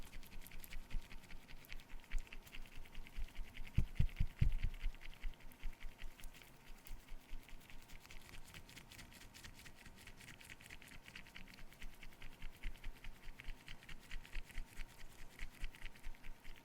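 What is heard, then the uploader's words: No-talking cleaning sounds: quick, rhythmic brushing and wiping strokes repeat steadily, crisp and airy like fast breaths. A few deeper bumps land near the four-second mark, and the strokes soften briefly in the middle before picking up again. ASMR FACE CLEANING, ASMR ROLE PLAY CLEANING CAMERA, NO TALKING.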